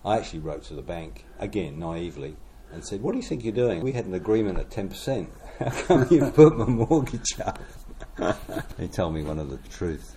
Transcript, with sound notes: I actually wrote to the bank – again, naively – and said, “What do you think you’re doing? We had an agreement at ten percent.” [Chuckle] “How come you’ve put my mortgage up?” They told me one of the truths.